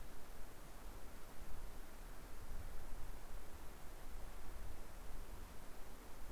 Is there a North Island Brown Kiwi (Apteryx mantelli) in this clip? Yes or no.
no